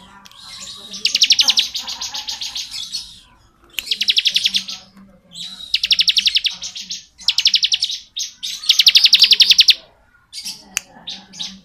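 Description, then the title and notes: Bar-winged prinia giving repeated bursts of quick, rattling buzzy notes separated by brief quiet spells. Bar-winged prinia song in the 'ngebren' style, used as training audio for oriental magpie-robins. "Ciblek Ngebren Untuk Masteran Murai Batu. Suara burung ciblek - Suara Nada"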